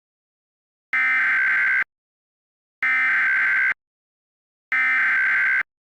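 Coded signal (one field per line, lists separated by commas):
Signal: Emergency Alert System (SAME) tones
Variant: header bursts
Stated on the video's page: Fictional scenario using valid SAME tones.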